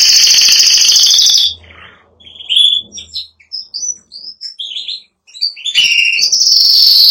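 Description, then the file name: Canary song: a strong high trill, then a quieter stretch of scattered short chirps with faint low rumbling, ending in another loud trill. Spanish giboso canary singing. "canto do canario giboso espanhol"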